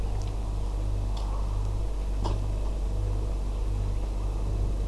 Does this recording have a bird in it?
yes